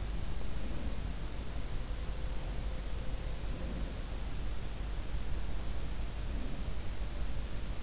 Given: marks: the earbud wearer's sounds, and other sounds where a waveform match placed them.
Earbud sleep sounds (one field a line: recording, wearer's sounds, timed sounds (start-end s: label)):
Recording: sounds in sleep by an in-ear microphone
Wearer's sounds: breath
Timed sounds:
0.60-1.14 s: breath
3.47-4.06 s: breath